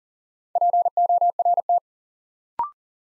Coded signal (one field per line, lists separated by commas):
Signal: Morse code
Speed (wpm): 38 wpm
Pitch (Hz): 700 Hz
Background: none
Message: PORT